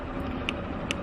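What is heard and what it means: The plastic lock tab on the ignition coil wiring connector of a Yamaha MT-09 Tracer motorcycle's spark plug coil is pressed before removing the connector. Two short, sharp clicks sound at 0.5 s and 0.9 s over a steady low background hum. The tab is released.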